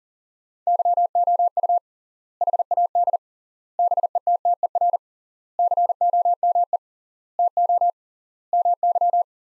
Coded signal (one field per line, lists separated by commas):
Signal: Morse code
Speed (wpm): 42 wpm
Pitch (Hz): 700 Hz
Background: none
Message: YOU HAD BETTER COME TO MY